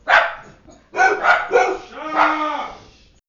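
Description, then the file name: Dog barks: one sharp bark, then a cluster of three rough barks and a longer whining bark with a steady tone underneath. "shut up dogs"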